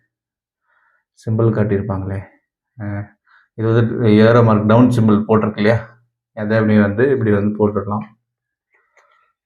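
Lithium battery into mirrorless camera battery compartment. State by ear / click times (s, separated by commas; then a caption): seated / 9.0 s. A lithium battery is lined up by its down-arrow symbol and pushed into the battery compartment of a Sony mirrorless camera while someone talks. After the talking stops, one short, faint click at 9.0 s marks the battery locking into place.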